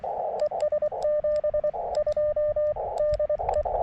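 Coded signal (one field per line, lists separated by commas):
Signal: Morse code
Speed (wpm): 23 wpm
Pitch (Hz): 590 Hz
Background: radio noise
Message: ES 72 DE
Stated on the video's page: CW Parks on the Air activation at a state park using a KX2 portable kit, with a few pileups and a steady stream of calls.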